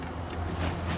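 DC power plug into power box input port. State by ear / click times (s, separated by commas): not seated / none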